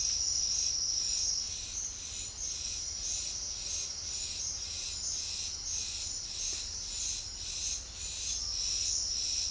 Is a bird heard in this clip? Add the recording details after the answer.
no. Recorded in secondary vegetation near Puerto Asís, Putumayo, Colombia, on 28 February 2025 at 08:30. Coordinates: 0.484, -76.319. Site G010